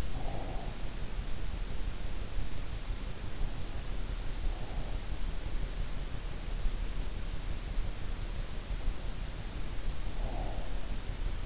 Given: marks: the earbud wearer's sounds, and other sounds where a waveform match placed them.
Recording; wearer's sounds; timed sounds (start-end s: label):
sounds in sleep by an in-ear microphone; breath
0.00-1.21 s: breath
9.86-11.46 s: breath